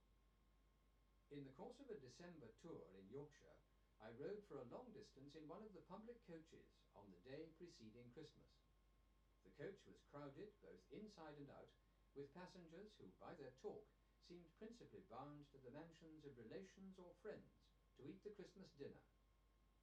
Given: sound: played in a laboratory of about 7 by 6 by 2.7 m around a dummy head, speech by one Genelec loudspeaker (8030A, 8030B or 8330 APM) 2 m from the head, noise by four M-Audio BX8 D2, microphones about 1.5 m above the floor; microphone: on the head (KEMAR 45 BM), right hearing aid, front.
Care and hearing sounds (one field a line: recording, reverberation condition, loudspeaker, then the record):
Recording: male speech in English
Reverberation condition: low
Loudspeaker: 60 degrees to the left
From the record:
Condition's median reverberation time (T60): about 310 ms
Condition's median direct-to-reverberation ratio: about 3.5 dB